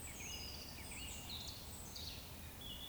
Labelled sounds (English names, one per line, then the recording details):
Eurasian Woodcock whistle
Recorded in Baden-Württemberg, Germany, on 19 May 2020 at 19:20 UTC
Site 31917, 145 m above sea level